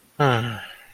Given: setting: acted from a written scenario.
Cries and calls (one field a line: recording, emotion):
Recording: vocal sound without words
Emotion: contentment